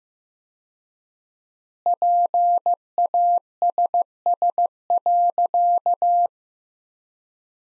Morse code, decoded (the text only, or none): PASS.